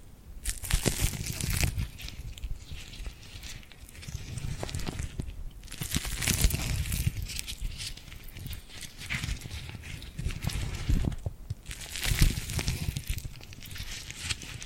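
Tingly glued hand sounds: sticky, crackling and crinkling noises from hands pressing and peeling apart, arriving in dense bursts. Louder, brighter spells come around the first second, near 6 seconds and again at 12 seconds. A low rumble runs underneath throughout.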